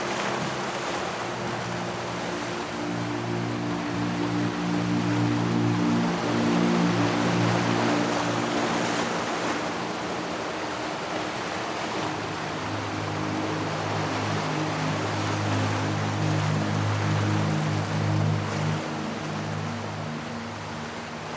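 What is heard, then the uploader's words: Ocean surf washes in a steady, dense hiss that fills the whole clip, swelling slightly around the middle and easing toward the end. Underneath, low sustained tones hold and shift slowly, like soft music drifting beneath the waves. The steady crash of ocean waves and softly swelling music.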